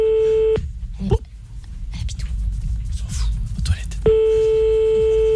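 A call to a mobile phone rings unanswered: a steady electronic ring tone sounds, stops for a few seconds of low rumbling background noise, then starts again with another long ring.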